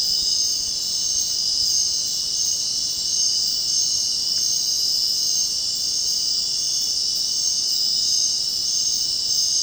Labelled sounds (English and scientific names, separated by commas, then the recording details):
none
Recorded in dense forest near Puerto Asís, Putumayo, Colombia, on 25 June 2025 at 21:30
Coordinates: 0.499, -76.324
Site G100